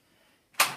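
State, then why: Released. Pressing the lift-away button on a Shark Powered Lift Away NV680UKT vacuum unlatches the canister from the upright frame with a sharp, bright click at 0.6 s after near silence. The click decays quickly, and the canister is released so the whole machine can be pulled away.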